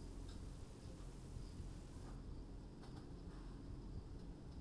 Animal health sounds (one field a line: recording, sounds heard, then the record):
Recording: poultry house recording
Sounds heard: no chicken sound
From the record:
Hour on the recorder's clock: 21